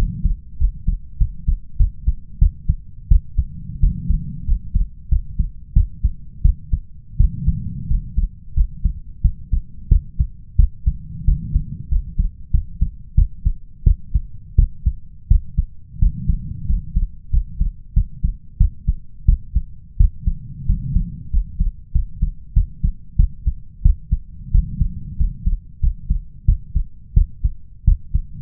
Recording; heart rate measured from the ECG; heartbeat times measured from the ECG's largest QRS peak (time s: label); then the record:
heart sounds by stethoscope; 90 bpm
0.57 s: heartbeat
1.17 s: heartbeat
1.76 s: heartbeat
2.38 s: heartbeat
3.08 s: heartbeat
3.79 s: heartbeat
4.45 s: heartbeat
5.08 s: heartbeat
5.73 s: heartbeat
6.42 s: heartbeat
7.17 s: heartbeat
7.87 s: heartbeat
8.54 s: heartbeat
9.21 s: heartbeat
9.88 s: heartbeat
10.56 s: heartbeat
11.24 s: heartbeat
11.88 s: heartbeat
12.51 s: heartbeat
13.15 s: heartbeat
13.83 s: heartbeat
14.55 s: heartbeat
15.27 s: heartbeat
15.98 s: heartbeat
16.66 s: heartbeat
17.30 s: heartbeat
17.93 s: heartbeat
18.57 s: heartbeat
19.25 s: heartbeat
19.96 s: heartbeat
20.65 s: heartbeat
21.30 s: heartbeat
21.91 s: heartbeat
22.53 s: heartbeat
23.16 s: heartbeat
23.82 s: heartbeat
24.51 s: heartbeat
25.16 s: heartbeat
25.80 s: heartbeat
26.45 s: heartbeat
27.13 s: heartbeat
27.84 s: heartbeat
From the record:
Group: healthy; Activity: rest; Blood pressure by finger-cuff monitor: 122/87 mmHg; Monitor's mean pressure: 98 mmHg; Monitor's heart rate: 89 bpm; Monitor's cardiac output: 6.5 L/min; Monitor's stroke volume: 71 mL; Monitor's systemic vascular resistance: 1120 dyn s/cm5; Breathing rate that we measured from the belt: 15 breaths a minute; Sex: male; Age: 21 years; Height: 180 cm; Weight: 67.5 kg